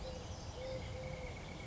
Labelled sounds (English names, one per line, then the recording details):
Eurasian Collared Dove
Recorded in Sonoma County, California